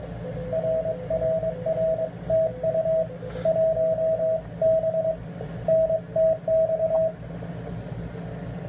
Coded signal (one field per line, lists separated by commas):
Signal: Morse code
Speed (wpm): 20 wpm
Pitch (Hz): 650 Hz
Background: radio noise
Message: RRR TU 1B NTX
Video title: Field Day 2014: W8UM/W8PGW (Part 4/7)